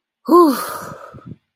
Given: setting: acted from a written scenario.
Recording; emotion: vocal sound without words; relief